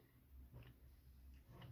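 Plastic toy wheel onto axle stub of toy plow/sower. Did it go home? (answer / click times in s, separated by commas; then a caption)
no / none. A plastic toy wheel is held and lined up by hand on the axle stub of a Bruder small plow and sower toy, with the hole chosen and the wheel turned to face outward before it is pressed on. Only a low rumble and faint light handling ticks are heard. Nothing has seated or clicked yet.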